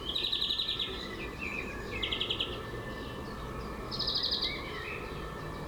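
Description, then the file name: European greenfinch singing short rattling trills separated by soft twittered notes, three trill bursts within six seconds, low rumble beneath. "Chloris chloris"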